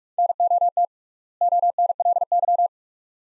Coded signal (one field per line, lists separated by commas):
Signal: Morse code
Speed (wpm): 42 wpm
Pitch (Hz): 700 Hz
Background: none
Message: NOT ONLY